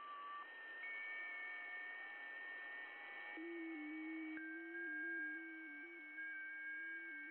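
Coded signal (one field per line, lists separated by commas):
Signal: FT8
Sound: several faint steady whistling tones shifting pitch in small steps over hiss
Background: radio static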